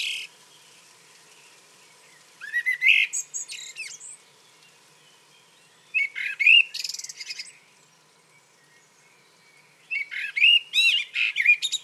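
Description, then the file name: Common blackbird song phrases arriving about every four seconds, each a brief mellow warble ending in thin, scratchy high notes, with silence in between. "Turdus merula"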